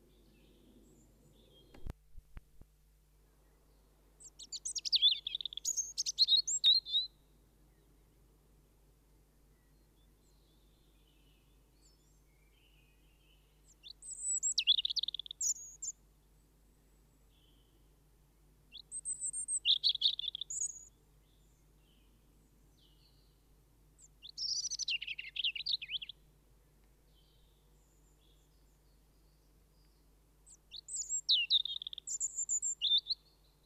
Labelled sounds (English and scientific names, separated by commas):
European Robin (Erithacus rubecula) song